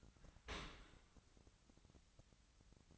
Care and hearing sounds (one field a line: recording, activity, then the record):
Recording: daily activity, microphone in the room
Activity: open dishwasher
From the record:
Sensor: 3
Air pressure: 1003.1 hPa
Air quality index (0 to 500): 196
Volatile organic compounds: 6 ppm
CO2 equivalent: 1918 ppm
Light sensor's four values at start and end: 19/47/20/21 and 19/47/20/21